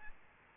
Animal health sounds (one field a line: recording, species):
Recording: mosquito wingbeat signal from an infrared sensor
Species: Aedes albopictus